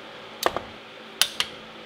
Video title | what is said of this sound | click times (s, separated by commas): How to Replace a High Pressure Fuel Pump | once you hear that second click you | 1.2 s